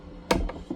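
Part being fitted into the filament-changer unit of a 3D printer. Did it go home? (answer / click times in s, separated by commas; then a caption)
yes / 0.3 s. A part is pressed into the automatic filament-changer unit of a 3D printer until it goes in. A sharp hit sounds at 0.3 s, followed by a softer tap at 0.5 s and faint knocks near 0.7 s and 0.8 s. The part ends up seated in place.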